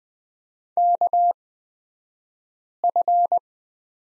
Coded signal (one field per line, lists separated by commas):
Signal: Morse code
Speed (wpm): 20 wpm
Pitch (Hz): 700 Hz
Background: none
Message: KF